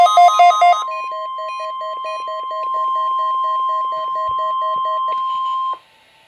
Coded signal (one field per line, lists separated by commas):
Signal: Emergency Alert System (SAME) tones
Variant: 1050 Hz attention tone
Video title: NOAA - Required Weekly Test (EAS #1,238)